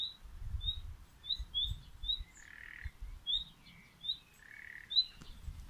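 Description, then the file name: Common nightingale calling, a string of short rising whistled notes mixed with lower rasping croaks, repeated irregularly over low rumbling background noise. "Luscinia megarhynchos"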